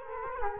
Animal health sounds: mosquito wingbeat signal from an infrared sensor; Culex quinquefasciatus

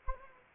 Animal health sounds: mosquito wingbeat signal from an infrared sensor; Anopheles arabiensis

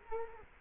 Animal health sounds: mosquito wingbeat signal from an infrared sensor; Culex quinquefasciatus

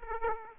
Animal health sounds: mosquito wingbeat signal from an infrared sensor; Aedes aegypti

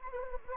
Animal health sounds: mosquito wingbeat signal from an infrared sensor; Anopheles gambiae

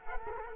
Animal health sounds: mosquito wingbeat signal from an infrared sensor; Culex quinquefasciatus

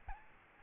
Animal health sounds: mosquito wingbeat signal from an infrared sensor; Aedes albopictus

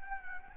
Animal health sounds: mosquito wingbeat signal from an infrared sensor; Anopheles arabiensis

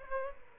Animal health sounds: mosquito wingbeat signal from an infrared sensor; Aedes aegypti

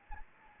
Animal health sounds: mosquito wingbeat signal from an infrared sensor; Anopheles gambiae

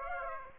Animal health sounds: mosquito wingbeat signal from an infrared sensor; Aedes aegypti

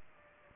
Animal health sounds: mosquito wingbeat signal from an infrared sensor; Culex pipiens

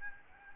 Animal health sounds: mosquito wingbeat signal from an infrared sensor; Aedes albopictus

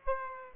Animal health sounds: mosquito wingbeat signal from an infrared sensor; Aedes aegypti

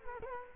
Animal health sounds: mosquito wingbeat signal from an infrared sensor; Culex quinquefasciatus

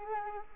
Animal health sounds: mosquito wingbeat signal from an infrared sensor; Anopheles arabiensis

